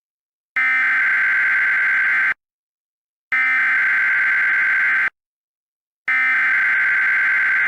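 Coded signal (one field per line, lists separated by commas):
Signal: Emergency Alert System (SAME) tones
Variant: header bursts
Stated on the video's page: Fictional EAS scenario, self-made.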